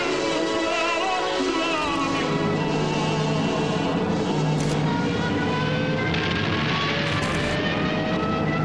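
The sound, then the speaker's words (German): A dense, steady drone of the engines of several approaching enemy aircraft, with layered humming tones that slowly waver and beat against each other, continuous and fairly loud for the whole stretch. “Der Reichs unter Leipzig schaltet nunmehr wegen Annäherung feindlicher Flugzeuge ab.”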